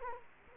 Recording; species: mosquito wingbeat signal from an infrared sensor; Culex quinquefasciatus